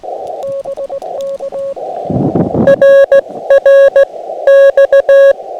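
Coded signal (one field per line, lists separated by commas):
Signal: Morse code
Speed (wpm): 17 wpm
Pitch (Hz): 550 Hz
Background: radio noise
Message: BK RR X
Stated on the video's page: QRP park activation, FT-891 at 5 watts into an end-fed random wire via tuner, dummy load accidentally left switched in; on 15, 10, 17 and 20 m.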